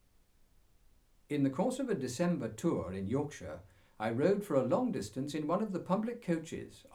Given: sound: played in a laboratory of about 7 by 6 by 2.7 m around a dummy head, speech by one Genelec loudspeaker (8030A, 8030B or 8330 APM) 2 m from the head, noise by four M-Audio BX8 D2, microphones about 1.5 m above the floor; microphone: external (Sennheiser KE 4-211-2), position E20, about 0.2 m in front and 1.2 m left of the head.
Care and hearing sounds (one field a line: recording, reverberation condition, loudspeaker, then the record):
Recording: male speech in English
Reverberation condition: low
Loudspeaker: 30 degrees to the left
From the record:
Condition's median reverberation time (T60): about 310 ms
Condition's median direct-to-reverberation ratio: about 3.5 dB